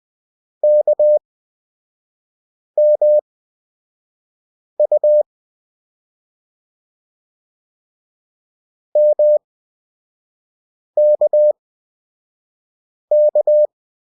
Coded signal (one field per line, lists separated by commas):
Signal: Morse code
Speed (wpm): 20 wpm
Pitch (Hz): 600 Hz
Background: none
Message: KMU MKK